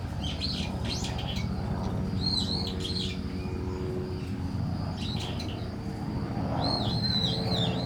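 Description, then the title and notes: Starling song: wavering whistled notes and creaky chirps in groups, with steady cricket drone and low engine rumble beneath. Singing in a tree, Kiyosumi garden, Tokyo, Japan; crickets and cars around; recorded binaurally with DPA 4060 mics in a bag onto a Deity PR-2. "Kiyosumi garden, Tokyo, Japon - Starling in a tree. Starling singing in a tree, crickets, cars, helicopter, people passing by. Un étourneau chante dans un arbre"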